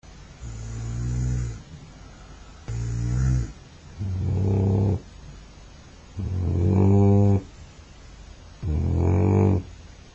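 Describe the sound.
Cow mooing: five deep, droning moos, each about a second long, repeated every two seconds or so.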